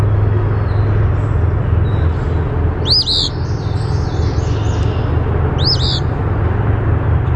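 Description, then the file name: Eastern phoebe giving two quick, high, arching song phrases about three seconds apart over a heavy, continuous low hum. "EAPH song"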